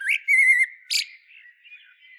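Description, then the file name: Common blackbird giving a short fluted whistle with a quick high squeaky note, followed by faint birdsong. "Turdus merula"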